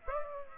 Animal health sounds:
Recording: mosquito wingbeat signal from an infrared sensor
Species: Aedes aegypti

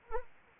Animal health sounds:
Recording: mosquito wingbeat signal from an infrared sensor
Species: Anopheles arabiensis

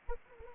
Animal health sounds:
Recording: mosquito wingbeat signal from an infrared sensor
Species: Anopheles arabiensis

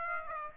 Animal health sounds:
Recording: mosquito wingbeat signal from an infrared sensor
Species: Aedes aegypti

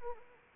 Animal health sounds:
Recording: mosquito wingbeat signal from an infrared sensor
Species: Anopheles arabiensis

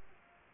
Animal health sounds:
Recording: mosquito wingbeat signal from an infrared sensor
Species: Aedes aegypti

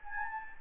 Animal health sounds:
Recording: mosquito wingbeat signal from an infrared sensor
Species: Anopheles gambiae

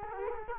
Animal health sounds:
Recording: mosquito wingbeat signal from an infrared sensor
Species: Culex quinquefasciatus

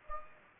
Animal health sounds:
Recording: mosquito wingbeat signal from an infrared sensor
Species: Anopheles gambiae

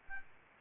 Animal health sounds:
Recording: mosquito wingbeat signal from an infrared sensor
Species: Aedes albopictus

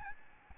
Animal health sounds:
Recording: mosquito wingbeat signal from an infrared sensor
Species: Aedes albopictus

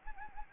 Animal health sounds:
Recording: mosquito wingbeat signal from an infrared sensor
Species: Anopheles gambiae

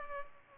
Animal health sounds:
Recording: mosquito wingbeat signal from an infrared sensor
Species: Culex pipiens

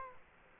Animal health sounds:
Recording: mosquito wingbeat signal from an infrared sensor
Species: Culex quinquefasciatus

